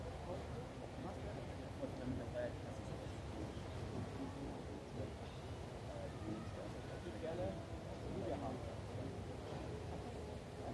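People pass by in Munich's Englischer Garten, with overlapping fragments of conversation forming a dense, steady murmur. A low rumble runs underneath throughout, and brief brighter voices or shouts pop out now and then, around two and eight seconds.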